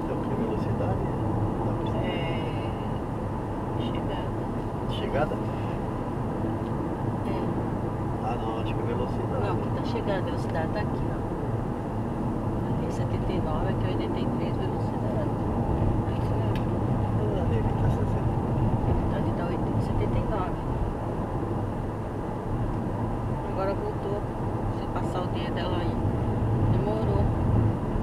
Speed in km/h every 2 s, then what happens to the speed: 82, 82, 83, 83, 82, 81, 82, 82, 83, 83, 83, 84, 84, 84.
0-28 steady at about 83.